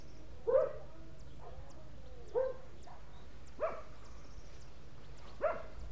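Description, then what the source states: Dog barking: four single barks spaced a couple of seconds apart, over a low steady hum with faint high ticking sounds. Dogs barking in the countryside.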